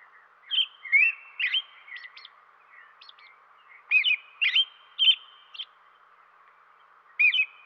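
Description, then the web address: American robin giving short, sharp chirping calls in scattered bursts, some notes rising and dipping, with pauses between; a steady background hum runs throughout. Western North America. "Dan Gibson Wildlife Identification By Sound, Western North America. American Robin"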